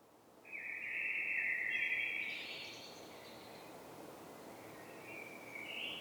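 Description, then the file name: Common blackbird giving one warbled whistled phrase with a high squeaky tail over steady background hiss, then faint further notes. "Turdus merula"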